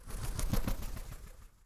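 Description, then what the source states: Bird wings fluttering in a rapid burst of soft whooshing beats that swell and then fade over under two seconds. Wings fluttering, in the desert.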